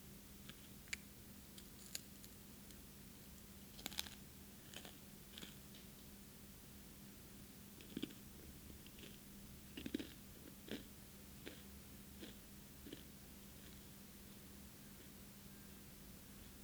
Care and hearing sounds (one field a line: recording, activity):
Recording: daily activity, guitar pickup as the sensor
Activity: eat